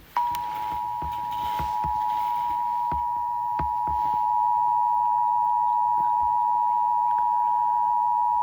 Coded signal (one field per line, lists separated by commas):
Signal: Emergency Alert System (SAME) tones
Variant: 853 and 960 Hz attention tone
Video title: EAS Scenario #2 Sonic EXE Rampage 60 Subscribers Special